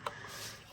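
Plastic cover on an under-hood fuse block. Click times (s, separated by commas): 0.1 s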